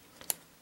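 A plastic weapon is pushed onto the peg on the hand of an MG Delta Plus 1/100 model kit figure. A faint tick at 0.2 s comes just before a sharp, bright plastic click at 0.3 s. The weapon goes on but is only partly seated and not really secure, because it was not fitted in the best way.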